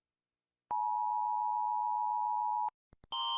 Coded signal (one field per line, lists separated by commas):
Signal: Emergency Alert System (SAME) tones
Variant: 853 and 960 Hz attention tone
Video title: EAS alarms and my opinion on them